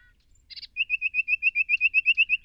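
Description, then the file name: Common nightingale: a short buzzy burst, then a rapid, even series of many identical clear notes, sharp and loud against a quiet background. "Luscinia megarhynchos"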